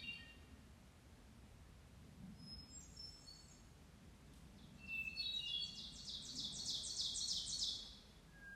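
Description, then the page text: Hermit thrush song: a steady opening note, then a fluty, tumbling cascade of higher ringing notes, with earlier faint phrases and a low steady rumble underneath. Maryland. "Maryland Biodiversity. Hermit Thrush ( Catharus guttatus )"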